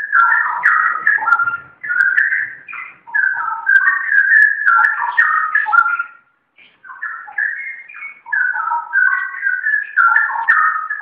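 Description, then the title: Oriental magpie-robin singing a continuous run of varied whistled phrases, short notes jumping up and down in pitch, with one brief pause midway; no other sounds. "Kicau Kacer"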